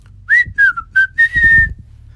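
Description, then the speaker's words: Parrot whistles: three short clear whistled notes, one sliding down, then a longer held whistle. Zoo parrots at Elmwood Park Zoo; they have no vocal cords and mimic sounds by pushing air from the trachea, making variations on whistling. "They can mimic sounds by pushing air from their trachea, so really, they are making variations on whistling"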